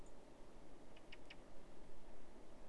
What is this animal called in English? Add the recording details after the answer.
Common Blackbird. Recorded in Germany. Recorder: ecoPi